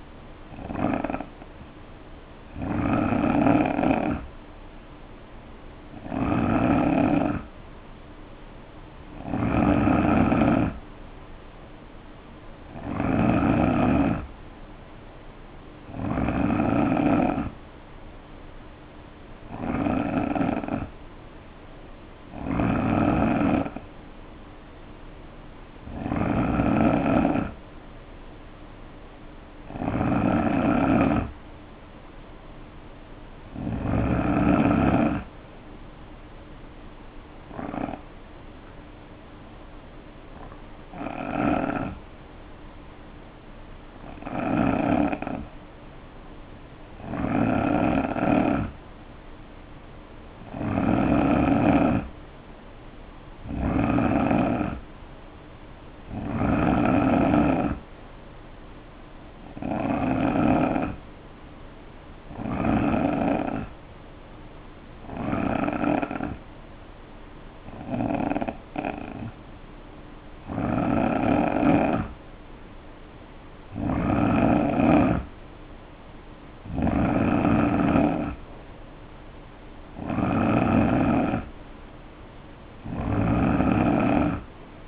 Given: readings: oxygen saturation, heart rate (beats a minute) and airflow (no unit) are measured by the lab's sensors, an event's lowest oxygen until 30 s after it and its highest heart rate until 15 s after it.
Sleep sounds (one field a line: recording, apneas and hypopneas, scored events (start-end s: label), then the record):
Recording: breathing in sleep by a voice recorder at the bedside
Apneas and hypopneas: 2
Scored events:
39.00-53.00 s: hypopnea (N3, oxygen 92% highest, then 87% lowest, heart rate 61 at the start, 68 highest)
65.00-77.20 s: hypopnea (N3, oxygen 90% highest, then 87% lowest, heart rate 68 at the start, 69 highest)
From the record:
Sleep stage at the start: N3 (deep sleep)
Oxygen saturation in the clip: 87 to 92%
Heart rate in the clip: 60 to 69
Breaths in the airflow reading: 26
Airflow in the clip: -5.1 to 3.4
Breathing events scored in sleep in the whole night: 520 in 7.2 hours asleep